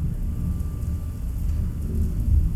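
A thunderstorm: steady, dense rain hiss over a deep, continuous rumble of thunder that swells slightly toward the end. No voices.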